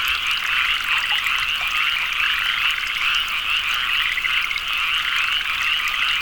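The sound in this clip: Frog chorus of many overlapping callers, quick rhythmic pulsed notes blending into a continuous shrill drone from start to end.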